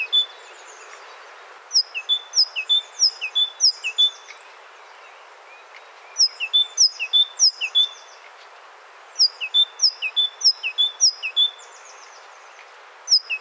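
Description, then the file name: Great tit singing ringing two-note phrases, high note then lower, in several bursts with short pauses between. "Parus major"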